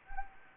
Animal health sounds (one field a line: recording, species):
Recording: mosquito wingbeat signal from an infrared sensor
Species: Anopheles gambiae